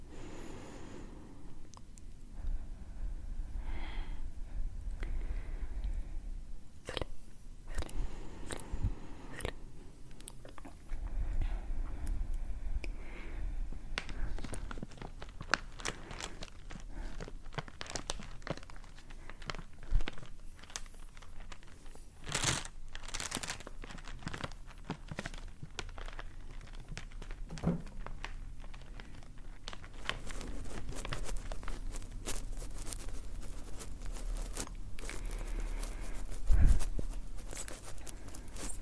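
Hands move and rub in layered crinkling, tearing textures with sharp scattered clicks throughout, a low rumble early, and a louder thump near thirty-seven seconds.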